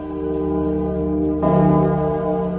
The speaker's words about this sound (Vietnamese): Tiếng chuông thứ nhất đi qua, chúng đệ tử cảm thấy hoa mắt chóng mặt. Nhưng đúng lúc này, tiếng chuông lại tiếp tục lần thứ hai vang lên.